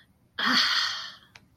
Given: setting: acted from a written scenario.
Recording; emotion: vocal sound without words; relief